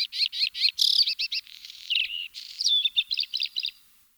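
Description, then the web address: Bluethroat song with a varied mix of twittering, buzzy and whistled notes, delivered in quick succession with scratchy passages. Recorded in 2004. "singvoegel. gesang. roche 2004 blaukehlchen"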